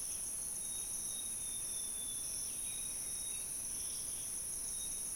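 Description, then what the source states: Insect chorus with steady high buzzing bands, and a thin whistled bird note drawn out and repeated at intervals over a soft background hiss. Insect and bird chorus in Gabon.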